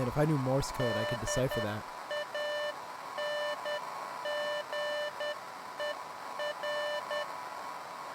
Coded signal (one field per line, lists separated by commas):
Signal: Morse code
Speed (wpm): 10 wpm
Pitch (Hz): 590 Hz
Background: speech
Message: EDANGER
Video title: Beacon Pines: Pining for Beacons